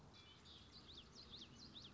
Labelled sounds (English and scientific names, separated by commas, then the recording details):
Common Yellowthroat (Geothlypis trichas)
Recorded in Sonoma County, California